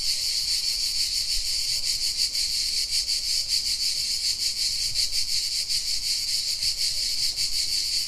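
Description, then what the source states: Cicadas singing in a dense, continuous high buzzing chorus with a fast pulsing shimmer, steady and loud throughout. Cicadas singing in the afternoon at a camp site in a museum backyard, Santarcangelo, Italy.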